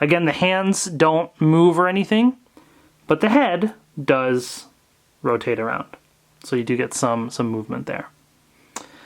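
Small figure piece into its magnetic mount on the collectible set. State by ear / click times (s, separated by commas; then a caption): seated / 8.8 s. A small plastic piece of a Hot Toys The Mandalorian and The Child Deluxe Edition sixth-scale collectible figure set is pressed into its magnetic mount, where a magnet holds it. Someone talks, and one sharp snap is heard at 8.8 s as the piece pops into place and seats.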